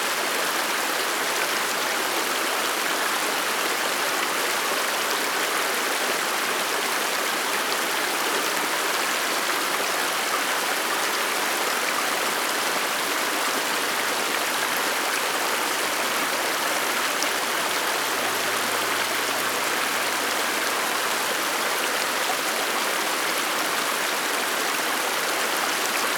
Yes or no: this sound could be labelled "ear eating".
no